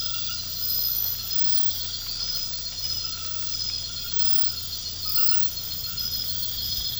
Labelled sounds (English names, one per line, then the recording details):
none
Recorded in pastures near Puerto Asís, Putumayo, Colombia, on 8 March 2025 at 01:00
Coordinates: 0.472, -76.329
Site G074